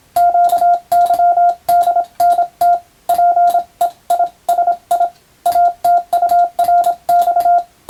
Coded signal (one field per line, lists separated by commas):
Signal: Morse code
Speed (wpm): 27 wpm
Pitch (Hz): 700 Hz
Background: radio noise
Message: QYDNT PE I SI ATURX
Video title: ＦＴ８も楽しいけどＣＷはもっと楽しいぞ！モールス信号を操る匠の技！自分の頭の中で符号を変換して脳を活性化させよう！(morse code practice for radio operator )